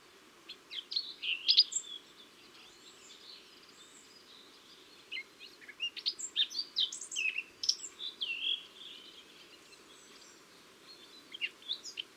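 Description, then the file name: Eurasian blackcap song, quick bursts of varied warbling and chattering notes, with a phrase near the start, a longer run in the middle and a short burst at the end, over steady low hiss. "Sylvia atricapilla"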